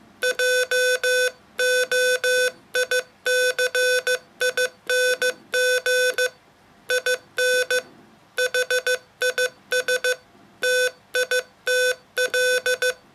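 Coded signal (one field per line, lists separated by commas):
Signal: Morse code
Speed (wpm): 15 wpm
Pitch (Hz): 500 Hz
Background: none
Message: JOICING IN HIS TITL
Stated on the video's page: Poem sent in Morse code as a soporific ASMR sound sculpture.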